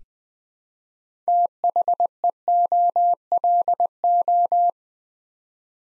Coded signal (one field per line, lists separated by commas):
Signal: Morse code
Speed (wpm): 20 wpm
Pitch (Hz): 700 Hz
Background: none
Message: THEOLO